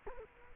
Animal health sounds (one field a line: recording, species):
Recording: mosquito wingbeat signal from an infrared sensor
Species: Culex quinquefasciatus